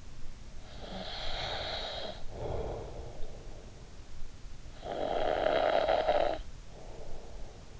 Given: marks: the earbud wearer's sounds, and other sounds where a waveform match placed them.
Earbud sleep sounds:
sounds in sleep by an in-ear microphone; breath, snoring breath
0.51-4.26 s: breath
4.54-7.80 s: snoring breath

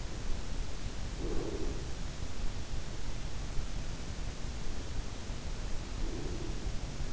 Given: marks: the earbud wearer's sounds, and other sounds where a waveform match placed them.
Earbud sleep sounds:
sounds in sleep by an in-ear microphone; breath
1.03-1.96 s: breath
5.94-7.13 s: breath

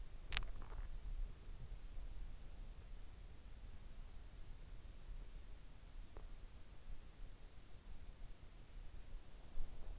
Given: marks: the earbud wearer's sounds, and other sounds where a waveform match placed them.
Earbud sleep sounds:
sounds in sleep by an in-ear microphone; swallowing
0.00-1.04 s: swallowing

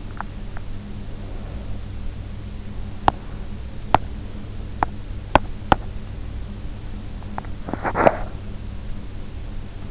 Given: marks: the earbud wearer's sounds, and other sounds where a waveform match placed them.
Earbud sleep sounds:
sounds in sleep by an in-ear microphone; teeth grinding, breath, swallowing
0.00-0.68 s: teeth grinding
1.13-2.03 s: breath
2.91-6.14 s: teeth grinding
7.21-7.50 s: teeth grinding
7.50-8.40 s: swallowing

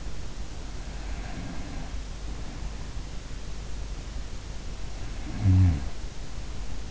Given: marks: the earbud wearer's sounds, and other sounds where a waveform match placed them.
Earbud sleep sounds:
sounds in sleep by an in-ear microphone; breath, snoring breath
0.58-3.16 s: breath
4.54-6.91 s: snoring breath

